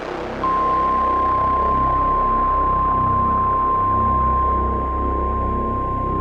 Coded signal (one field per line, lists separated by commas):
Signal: Emergency Alert System (SAME) tones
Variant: 1050 Hz attention tone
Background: music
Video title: MARGINAL INSANITY 9: ENSO TERROR - EAS Alerts From 3/9/25 - 3/10/25 (EAS #3409-3430)